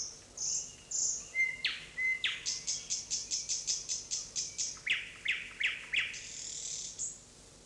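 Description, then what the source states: Bird twittering with high whistled notes, then a rapid series of about a dozen sharp repeated chirps, slowing into a few spaced notes. Forest birds.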